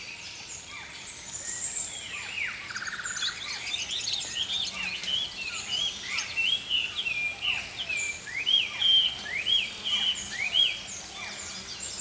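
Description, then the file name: Songbirds chorusing: scattered high twitters early on, then repeated clear chirps over a background hiss. Early morning. "Healing Power Natural Sounds Oasis - Early Morning Songbirds"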